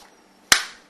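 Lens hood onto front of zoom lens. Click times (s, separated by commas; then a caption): 0.5 s. A lens hood is twisted onto the front bayonet of an 80 to 400 zoom lens. After near silence, one sharp, loud click sounds at 0.5 s and fades over about a quarter second. The hood pops into position and is seated.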